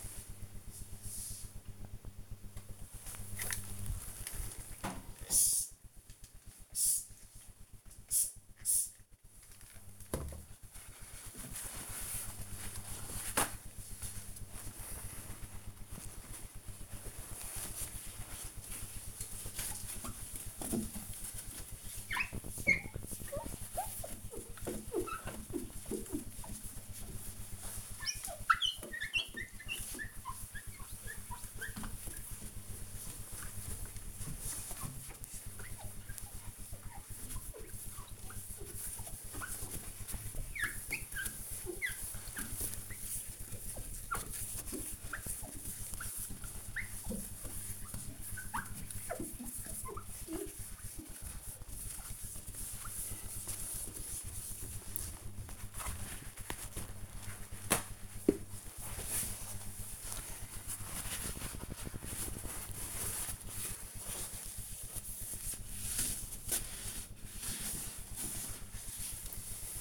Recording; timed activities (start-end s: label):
household activities, microphone on the right wrist
2.14-69.81 s: window cleaning